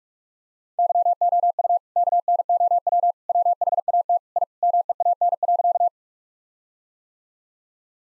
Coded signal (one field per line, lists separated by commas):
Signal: Morse code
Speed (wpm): 46 wpm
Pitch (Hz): 700 Hz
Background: none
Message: YOU KNOW WHAT I MEAN.